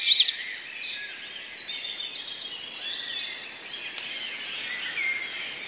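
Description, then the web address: Common redstart, a steady run of scratchy twittering and chirping notes after a loud opening phrase, set against background hiss. Song containing borrowings of sparrow sounds, mimicry taken from other songbirds. "wroblowe zapozyczenia pleszka"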